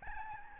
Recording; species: mosquito wingbeat signal from an infrared sensor; Aedes albopictus